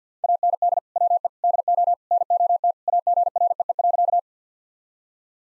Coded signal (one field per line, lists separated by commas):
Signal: Morse code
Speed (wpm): 50 wpm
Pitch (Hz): 700 Hz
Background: none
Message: AND WE DO NOT AGREE.